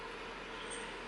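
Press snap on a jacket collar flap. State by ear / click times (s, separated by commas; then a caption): not seated / none. Someone tries to press together the snap on a fold-back collar flap of a fabric jacket, but it does not close because both snap halves face the same way. Only steady broadband background noise is heard, and nothing has clicked or snapped shut.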